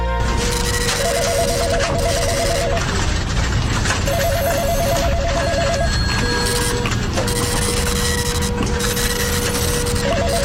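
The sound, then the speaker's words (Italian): Office telephones ring during a lunch break in bursts of rapid, trilling electronic tones, one ring cycle following another, then a long steady tone, all over a dense, continuous clatter of office rustling and scraping. “Beh, sembra impossibile, ma per alcuni, qualcuno la pausa pranzo è anche questo, telefoni che squillano.”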